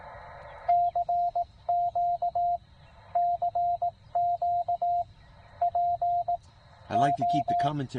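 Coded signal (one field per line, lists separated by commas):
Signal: Morse code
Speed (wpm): 18 wpm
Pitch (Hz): 700 Hz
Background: speech, radio noise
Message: CQ CQ PO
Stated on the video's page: CW Parks on the Air activation.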